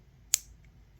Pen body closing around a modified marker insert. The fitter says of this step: You can hear this click into place.